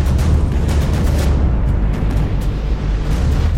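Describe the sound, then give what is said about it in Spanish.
Continuous heavy low rumbling of explosions nearly shaking a hotel, dense booming energy rolling together, loud throughout with no speech and a steady roar filling the lows. “Cómo las explosiones casi están moviendo este hotel.”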